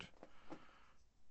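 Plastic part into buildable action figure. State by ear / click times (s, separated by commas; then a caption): not seated / none. A plastic part is handled against a buildable Blokees Transformers Shining Version 02 1985 Optimus Prime action figure after the figure is turned round, ready to be pressed in. A sharp tap at 0.0 s is followed by softer knocks near 0.2 s and 0.5 s. The clip ends before the part goes home, so nothing has seated or clicked yet.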